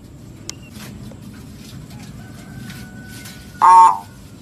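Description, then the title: Lovebird uttering one short, harsh, nasal screech near the end after a quiet stretch with a faint steady tone and light background hiss. Lovebird lure call used for trapping birds. "PIKAT BURUNG LOVEBIRD"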